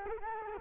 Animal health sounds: mosquito wingbeat signal from an infrared sensor; Culex quinquefasciatus

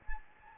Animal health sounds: mosquito wingbeat signal from an infrared sensor; Anopheles gambiae

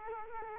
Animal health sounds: mosquito wingbeat signal from an infrared sensor; Culex quinquefasciatus

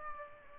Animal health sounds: mosquito wingbeat signal from an infrared sensor; Aedes aegypti

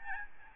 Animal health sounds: mosquito wingbeat signal from an infrared sensor; Aedes albopictus

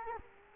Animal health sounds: mosquito wingbeat signal from an infrared sensor; Culex quinquefasciatus

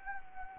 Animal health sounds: mosquito wingbeat signal from an infrared sensor; Anopheles gambiae

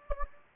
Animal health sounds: mosquito wingbeat signal from an infrared sensor; Anopheles gambiae

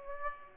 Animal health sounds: mosquito wingbeat signal from an infrared sensor; Aedes aegypti

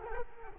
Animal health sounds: mosquito wingbeat signal from an infrared sensor; Culex quinquefasciatus

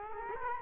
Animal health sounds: mosquito wingbeat signal from an infrared sensor; Culex quinquefasciatus

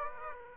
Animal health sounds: mosquito wingbeat signal from an infrared sensor; Aedes aegypti

